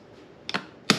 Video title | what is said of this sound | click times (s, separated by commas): Cardo Headset Install | it went right on there snapped right in so | 0.9 s